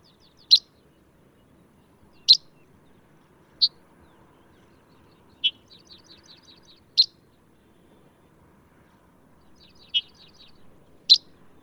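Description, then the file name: Red-headed bunting calls: sharp, high clicking notes repeated every one to three seconds, with faint thin twittering phrases between them. "Red headed Bunting Emberiza bruniceps"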